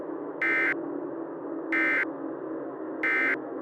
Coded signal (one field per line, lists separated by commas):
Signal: Emergency Alert System (SAME) tones